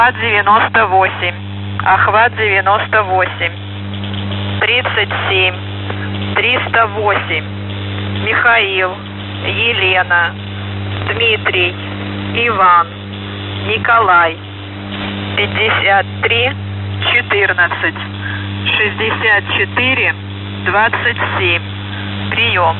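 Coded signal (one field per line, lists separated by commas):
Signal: coded military voice message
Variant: The Goose, Russian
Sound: a man speaking steadily over a radio channel with a loud low hum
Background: mains hum, radio static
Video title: The Goose | August 2023 | Every Voice Message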